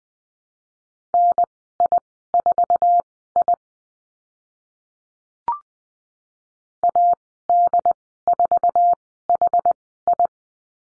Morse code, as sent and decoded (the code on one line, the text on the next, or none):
-. .. ....- .. / .- -.. ....- .... ..
NI4I AD4HI